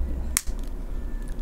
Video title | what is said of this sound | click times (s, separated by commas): Telesin U Shape Neck Mount Unboxing. Why I switched? | it clicks back in | 0.4 s